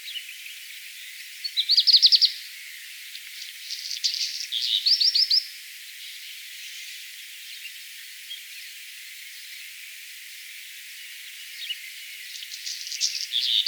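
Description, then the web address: Black redstart song: a quick run of bright repeated notes, a scratchy crackling burst and another run of repeated notes, then a quiet gap before another crackly phrase. "vogelstimmen hausrotschwanz gesang nabu lars lachmann"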